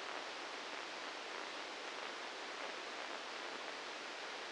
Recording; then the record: brain microelectrode recording played as sound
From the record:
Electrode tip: inside the subthalamic nucleus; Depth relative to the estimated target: -1 mm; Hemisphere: left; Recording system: NeuroSet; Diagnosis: Parkinson's disease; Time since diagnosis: 9 years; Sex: male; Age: 61 years